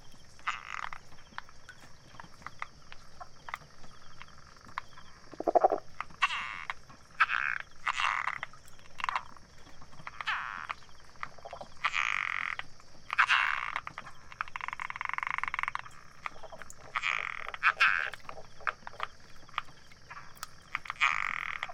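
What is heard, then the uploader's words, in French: A pond chorus of frogs calling in dense, overlapping bursts of bright croaks throughout, with one lower call near six seconds over a steady high insect whine. Grenouilles de Taiwan. Prises de son, montage & mixage : Yannick Dauby. Une balade de mare en mare en croisant les chants des batraciens.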